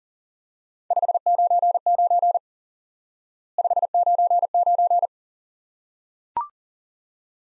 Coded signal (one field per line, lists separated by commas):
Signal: Morse code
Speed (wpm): 37 wpm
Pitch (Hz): 700 Hz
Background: none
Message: 599 599